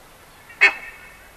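Buff-necked ibis call: one loud, harsh nasal honk, short and abrupt, over a soft background hiss.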